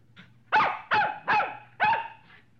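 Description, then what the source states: Dog barking, four sharp, harmonically rich barks in quick succession with a faint low hum beneath. Medium-sized dog barking.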